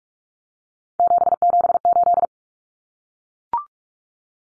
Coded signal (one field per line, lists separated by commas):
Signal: Morse code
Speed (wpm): 44 wpm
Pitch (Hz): 700 Hz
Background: none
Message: 778